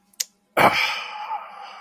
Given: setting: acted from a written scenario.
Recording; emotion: vocal sound without words; serenity